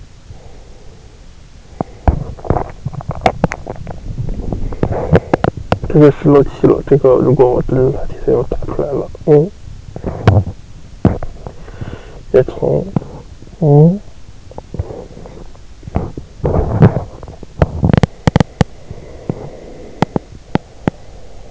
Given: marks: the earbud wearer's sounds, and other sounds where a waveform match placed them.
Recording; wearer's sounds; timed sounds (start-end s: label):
sounds in sleep by an in-ear microphone; body movement, talking in sleep
0.00-21.51 s: body movement
5.50-9.46 s: talking in sleep
13.35-14.25 s: talking in sleep